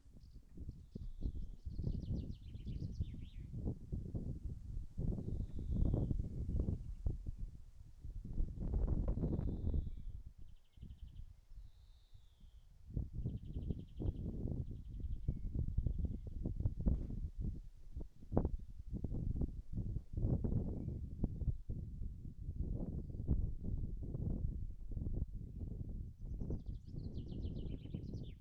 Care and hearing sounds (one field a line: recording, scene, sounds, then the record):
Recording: everyday scene through a hearing-aid microphone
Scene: wind on the microphone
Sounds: wind, birds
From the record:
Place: in front of a rural house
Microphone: behind the ear, right, front